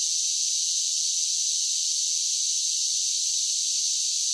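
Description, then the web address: Cicadas in a dense chorus, a steady, unbroken high hiss-like buzz holding an even level throughout, with no other sounds. Large groups of cicadas singing together. "Blast Wave Update 1 Cicadas Sing"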